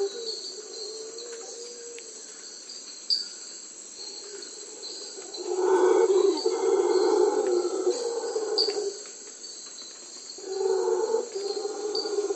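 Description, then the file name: Howler monkey roaring in two strong bursts, a long one of about three seconds midway and a shorter one near the end, over steady insect whine. "singe hurleur"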